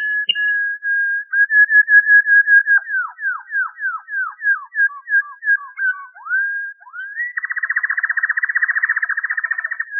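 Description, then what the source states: Waterslager canary singing a long level whistle, then a series of quick downward-sliding notes, ending in a rapid rolling trill. Waterslager canary breed; song variations.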